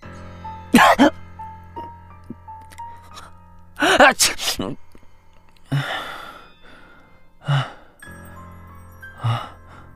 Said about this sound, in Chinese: 睡着睡着，冬至觉得鼻子有点痒痒，像是有人拿着狗尾巴草在逗他，忍不住打了个喷嚏，又睁开眼睛。